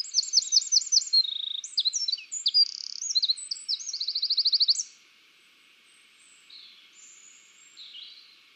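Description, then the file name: Eurasian wren: about five seconds of vigorous high-pitched song with rapid trills, then near silence with faint twitters. "Troglodytes troglodytes"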